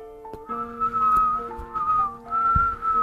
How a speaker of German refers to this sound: Draußen pfiff der Wind.